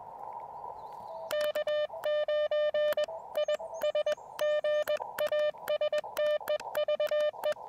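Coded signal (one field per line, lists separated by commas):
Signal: Morse code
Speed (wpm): 21 wpm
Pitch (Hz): 600 Hz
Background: music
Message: K9IS GA STEVE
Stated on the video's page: QRP POTA activation on the higher bands at Blue Ridge Parkway, with an Elecraft KX2, KXPD2 paddles and a Tufteln end-fed random-wire antenna.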